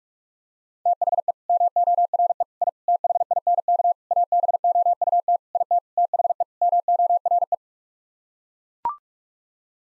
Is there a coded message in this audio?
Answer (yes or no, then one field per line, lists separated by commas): yes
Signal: Morse code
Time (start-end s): 0.9-7.5 s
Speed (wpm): 41 wpm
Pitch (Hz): 700 Hz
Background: none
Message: THE MORE I THINK ABOUT IT THE MORE